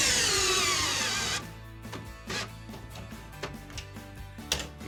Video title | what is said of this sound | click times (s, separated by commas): DIY Video - SANUS [TV Mount] | slide these down listen for the click there it is | 4.5 s